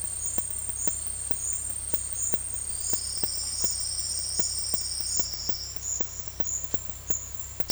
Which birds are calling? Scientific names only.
Sclateria naevia